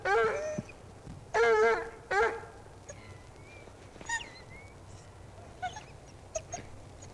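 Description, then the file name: Bloodhound giving three bays early on, then quiet with faint scattered sounds. "Bloodhound Baying"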